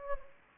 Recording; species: mosquito wingbeat signal from an infrared sensor; Anopheles gambiae